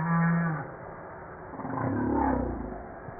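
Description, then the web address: Humpback whale moans: a short low droning tone, then a longer wavering groan, with faint higher harmonics above a hissing background. Recorded 5 March 1994. "PMahe Voile'Ocean 940305 HUMPBACK"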